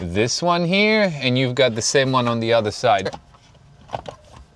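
A plastic dash cam trim cover on a Toyota Land Cruiser is handled by the windshield mirror mount panel, lined up so its clips will engage the two bottom holes behind the mirror area. Someone talks for the first three seconds, then only faint handling noises follow. Nothing has seated or clicked yet.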